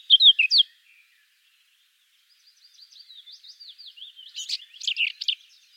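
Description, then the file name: Eurasian blackcap song: a short loud chirping phrase, a pause, then a soft rambling twitter that builds into louder, varied warbled notes. "Sylvia atricapilla"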